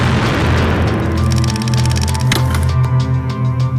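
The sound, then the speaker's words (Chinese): A SAM-2 surface-to-air missile explodes against a U-2 aircraft: a loud, sustained roaring rumble, heavy in the low end, broken by one sharp blast partway through, then continued crackling roar. No voices. “此时 U2 的预警系统爆响，但已经完全来不及规避，萨姆二型导弹的火网瞬间粉碎了 U2”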